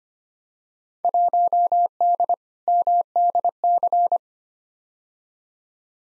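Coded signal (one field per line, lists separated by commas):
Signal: Morse code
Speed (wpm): 25 wpm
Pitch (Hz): 700 Hz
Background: none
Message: 1D MDC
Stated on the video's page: Morse code practice of Field Day exchanges at 25 wpm for head-copy, each sent, spoken, then sent again; exchanges weighted roughly by 2019 participation.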